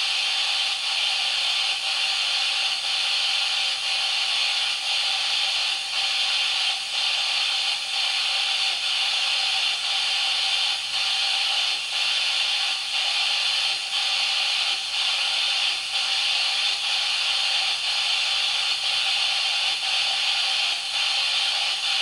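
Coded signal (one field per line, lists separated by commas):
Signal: radio time signal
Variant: DCF77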